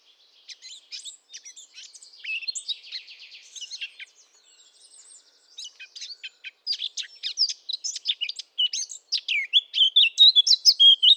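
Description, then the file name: Eurasian blackcap song, soft twittering warble at first, then a quick run of loud, evenly spaced sharp notes. "Sylvia atricapilla"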